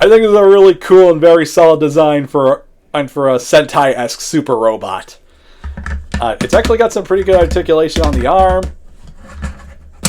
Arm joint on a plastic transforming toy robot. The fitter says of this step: Not so much on this one, but it clicks into place.